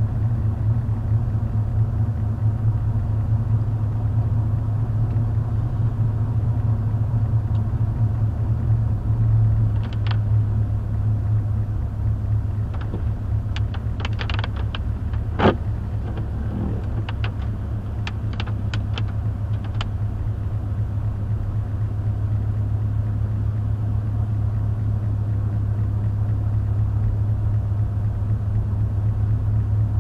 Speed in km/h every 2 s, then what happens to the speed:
39, 40, 40, 40, 35, 35, 34, 34, 34, 34, 34, 35, 34, 34, 35.
0-6 steady at about 40. 6-12 slows to 34. 12-30 steady at about 34.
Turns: none.